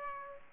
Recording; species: mosquito wingbeat signal from an infrared sensor; Aedes aegypti